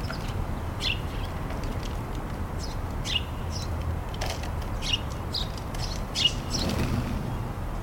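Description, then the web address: House sparrow chirps, brief bright notes spaced irregularly every second or so, with a steady low background hum. House sparrows chirping briskly at a bird feeder. "house sparrows passer domesticus briskly chirping at the bird feeder"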